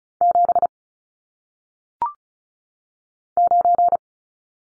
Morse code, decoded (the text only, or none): 7 9